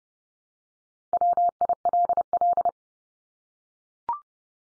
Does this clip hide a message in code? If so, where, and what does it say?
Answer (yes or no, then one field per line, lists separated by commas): yes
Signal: Morse code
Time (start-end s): 1.1-2.7 s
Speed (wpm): 30 wpm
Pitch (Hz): 700 Hz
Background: none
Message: WILL